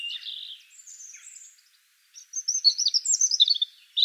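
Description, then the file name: European robin singing two phrases, a soft wavering trill and then a brighter, rapid run of high liquid notes after a short silence. "Erithacus rubecula"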